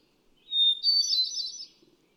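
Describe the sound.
Hermit thrush song: a clear opening whistle leading into a shimmering run of higher fluty notes, with a faint low rumble behind.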